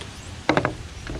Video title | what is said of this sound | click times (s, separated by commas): 2018 JMT Northbound Post- Hike Analysis | it will lock into place so that you don't have to worry about this tipping with | 0.5 s